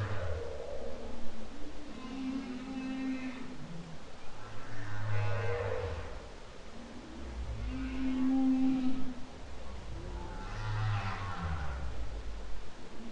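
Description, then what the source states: Humpback whale song: repeated sequences of low moans, grunts and brief higher cries, cycling every few seconds with steady water hiss behind. Humpback whale song, October 2012.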